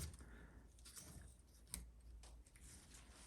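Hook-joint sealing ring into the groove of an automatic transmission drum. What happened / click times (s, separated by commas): The sealing ring's hook joint snapped into place / 1.7 s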